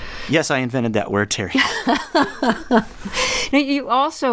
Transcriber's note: laughter